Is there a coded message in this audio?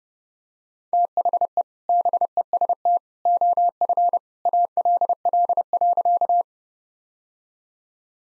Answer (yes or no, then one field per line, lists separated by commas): yes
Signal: Morse code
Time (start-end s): 0.9-6.4 s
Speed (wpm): 30 wpm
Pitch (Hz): 700 Hz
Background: none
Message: THE BEST OF ALL.